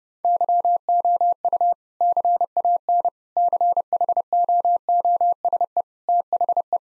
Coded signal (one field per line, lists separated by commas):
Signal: Morse code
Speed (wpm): 30 wpm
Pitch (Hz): 700 Hz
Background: none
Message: YOU CAN CHOOSE THE